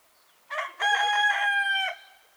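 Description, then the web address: Rooster crowing: a short opening note, then a long cock-a-doodle-doo held for about a second before breaking off. Recorded in a soft breeze. "Dizzy Duck - Sounds From Nature Rooster singing soft breeze cows dogs"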